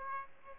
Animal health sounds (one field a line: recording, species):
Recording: mosquito wingbeat signal from an infrared sensor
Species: Aedes aegypti